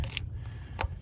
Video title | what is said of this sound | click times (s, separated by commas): 1996-2001 Ford Ranger 2.5 Valve Cover Gasket Part 2 | and that little snap right there | 0.2 s, 0.8 s